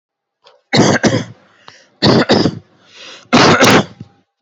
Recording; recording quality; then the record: heavy voluntary cough; excellent, no background noise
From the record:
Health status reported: recovered from COVID-19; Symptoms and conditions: fever, muscle pain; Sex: male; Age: 28 years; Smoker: not ticked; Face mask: worn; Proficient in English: yes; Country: India